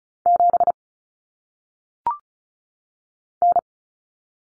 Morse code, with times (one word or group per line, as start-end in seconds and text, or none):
0.3-0.7 7
3.4-3.6 N